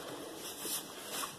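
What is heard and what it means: A plastic attachment is being handled against the frame of a Disney Minnie Mouse playard, ready to be clicked into place. Only a steady, broadband rustle and faint handling noise is heard, with no sharp click. Nothing has seated or clicked yet.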